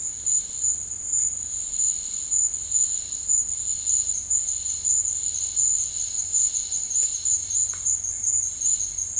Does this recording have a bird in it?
no